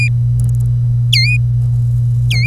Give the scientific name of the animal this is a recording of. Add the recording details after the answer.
Serinus canaria. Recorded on 25 April 2018 at 05:49. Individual llb3